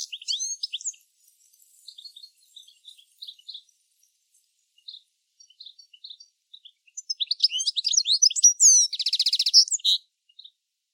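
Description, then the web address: Bird giving scattered high thin chirps, then a dense stretch of quick twittering notes and a rapid buzzy trill. "Deverinetal 2025 File origin Bird Only"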